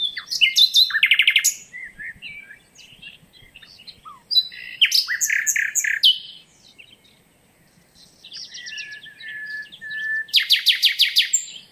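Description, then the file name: Common nightingale song: rich phrases of rapid repeated notes and sharp chirps, with pauses between bursts, ending in a fast pulsing trill. "Luscinia megarhynchos"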